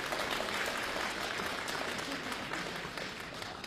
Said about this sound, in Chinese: 谢谢大家，想不到还真有人鼓掌啊。有点不适应，因为原来我上场都是这里的黎明静悄悄，我也习惯了。